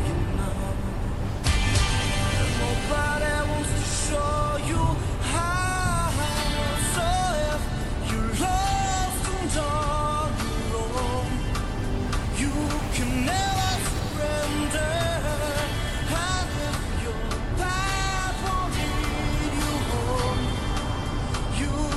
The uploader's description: the sounds of distant waves against the coast you're driving along, with the crackle of the radio and the rather comforting sounds of the vehicle around you